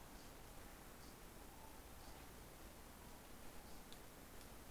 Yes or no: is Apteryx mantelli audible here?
no